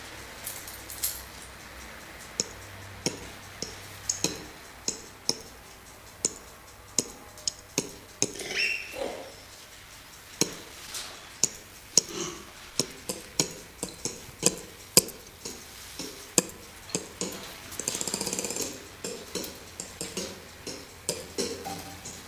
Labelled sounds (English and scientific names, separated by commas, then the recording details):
Ring-tailed Lemur (Lemur catta) call
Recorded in captivity
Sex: pair
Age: adult
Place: Zoo Rostock, Mecklenburg-Vorpommern, DE
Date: 1984-02-03 13:12
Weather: bedeckt, z. T. Regen, 3-5°C
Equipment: Nagra SN, Kopie Uher 4000 Report Monitor
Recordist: Tembrock, Günter